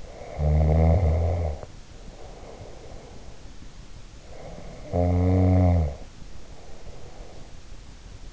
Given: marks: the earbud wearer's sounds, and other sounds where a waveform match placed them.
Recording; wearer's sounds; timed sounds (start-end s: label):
sounds in sleep by an in-ear microphone; snoring breath
0.00-3.54 s: snoring breath
4.23-7.60 s: snoring breath